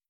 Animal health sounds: hydrophone in a shrimp aquaculture tank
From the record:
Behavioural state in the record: starved

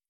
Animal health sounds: hydrophone in a shrimp aquaculture tank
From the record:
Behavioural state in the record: stressed

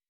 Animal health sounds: hydrophone in a shrimp aquaculture tank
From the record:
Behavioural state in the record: weakened

